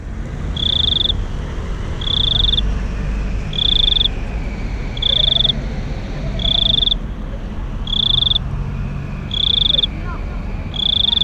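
Cricket chirping: short, high trilled pulses repeated steadily about every one and a half seconds over a low rumble.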